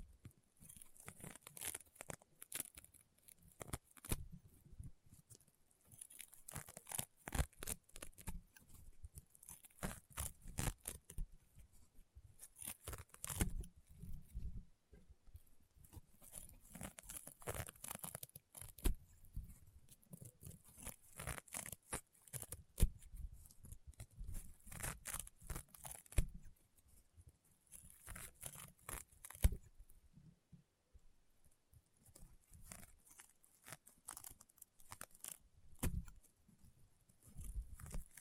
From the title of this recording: EXTREME CRUNCHY AND POPPING SOUNDS Rainbow Honeycomb Slime